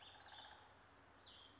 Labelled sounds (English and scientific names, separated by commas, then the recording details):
Cassin's Vireo (Vireo cassinii)
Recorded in Sonoma County, California